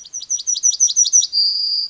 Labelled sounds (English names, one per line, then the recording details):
Yellowhammer song
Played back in forest
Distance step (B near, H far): B
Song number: 146